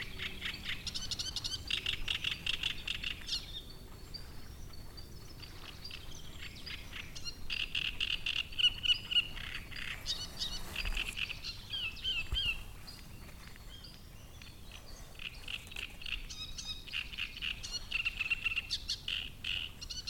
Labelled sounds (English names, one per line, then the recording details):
Great Reed Warbler
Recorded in the wild
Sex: male
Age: adult
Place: Müggelsee, Berlin, DE
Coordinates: 52.43, 13.64
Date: 1990-05-03
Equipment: Uher 4400 Report Monitor, Sennheiser ME 80, K 30 AV
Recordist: Fischer, Stefan